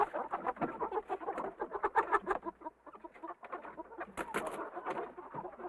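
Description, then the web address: Goose flock calling, many short harsh honks overlapping in a steady jumble, briefly thinning in the middle before swelling again. "KMP Film Video Sound Effects. Gooze"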